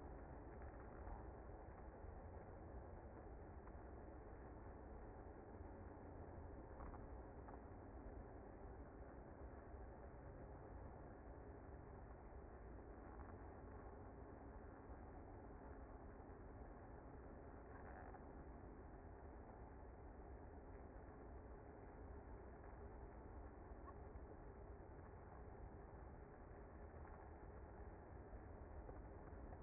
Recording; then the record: honeybee colony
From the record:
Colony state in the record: active